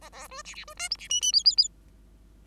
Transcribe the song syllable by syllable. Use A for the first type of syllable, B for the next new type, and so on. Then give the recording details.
A A B C C B D E C F F G G G. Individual Bird5